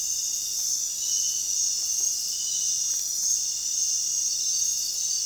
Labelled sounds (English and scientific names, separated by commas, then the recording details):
none
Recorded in dense forest near Puerto Asís, Putumayo, Colombia, on 25 June 2025 at 22:00
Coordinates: 0.466, -76.327
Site GP04